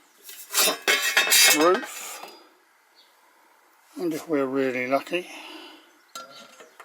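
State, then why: Not seated. The scratch-built roof of a small model steam tram is handled and fitted onto the tram body while someone talks, with a few small knocks and clinks around 1.2, 6.2 and 6.8 seconds. The roof has not yet been pressed down and locked into place; nothing has seated or clicked.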